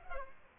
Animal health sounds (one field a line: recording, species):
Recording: mosquito wingbeat signal from an infrared sensor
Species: Aedes aegypti